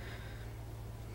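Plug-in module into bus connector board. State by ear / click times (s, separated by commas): not seated / none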